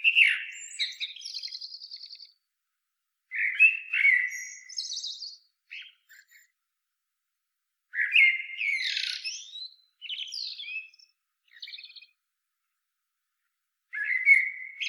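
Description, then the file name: Common blackbird singing several phrases a few seconds apart, each opening with mellow whistled notes and ending in thin, scratchy high twitters; quiet background. "Turdus merula"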